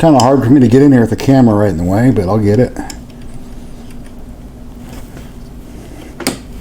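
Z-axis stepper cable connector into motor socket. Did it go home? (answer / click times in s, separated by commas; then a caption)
yes / 6.3 s. On an Ender 3 V2, the Z-axis stepper cable connector is pushed into its motor socket at an awkward spot behind the camera. Someone talks for the first few seconds, then there is quiet fumbling. A sharp click at 6.3 s marks the connector seating in place.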